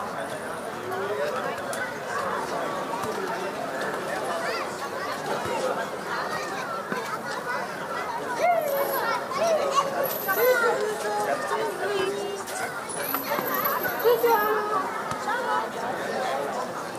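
Children at play on a summer evening, their voices overlapping in a steady, dense chatter with no pauses. Brighter squeals and shouts rise out of the mix now and then, especially around the ninth and fourteenth seconds, over a constant murmur of talk.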